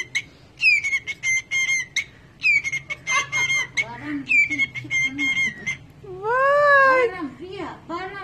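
Cockatiel giving harsh, slightly descending screeching calls in quick bursts, several times over, followed by lower warbling, wavering notes near the end.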